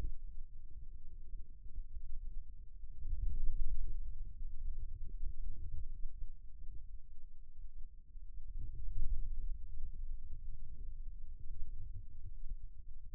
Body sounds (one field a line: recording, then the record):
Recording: forearm muscle sounds (acoustic myography)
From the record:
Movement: ulnar deviation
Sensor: system 2, bracelet of six BSWA MPA416 microphones around the upper forearm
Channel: 1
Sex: male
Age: 22 years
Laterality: right